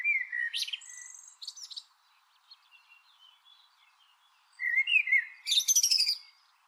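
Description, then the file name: Eurasian blackbird singing a mellow warbled phrase with a squeaky high ending, a pause of faint notes, then another low whistle and a rapid, high, buzzy twitter. "Turdus merula"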